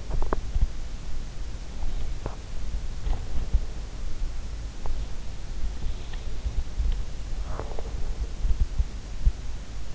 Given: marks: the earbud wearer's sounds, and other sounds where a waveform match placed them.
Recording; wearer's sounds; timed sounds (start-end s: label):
sounds in sleep by an in-ear microphone; body movement, breath
0.00-0.52 s: body movement
7.48-8.01 s: breath